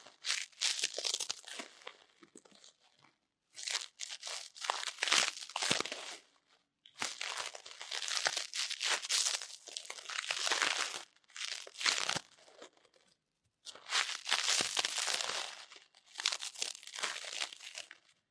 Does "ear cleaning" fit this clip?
yes